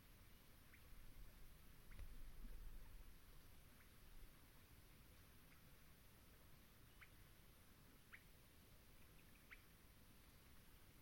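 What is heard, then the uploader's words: A swamp at dusk, with a steady low rumbling hiss underneath and a thin high whine running throughout. Short, sharp chirps or squeaks break through every second or two, a little louder around two to three seconds and again near eight and nine seconds. Long Swamp, Dusk. The air was still as I sat down to record; the temperature a chill 60ºF/ 15.5ºC, and the moon was expected to be full. I could hear distinct non-song vocalization from Swainson’s Thrushes.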